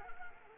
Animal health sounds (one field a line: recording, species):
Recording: mosquito wingbeat signal from an infrared sensor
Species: Anopheles arabiensis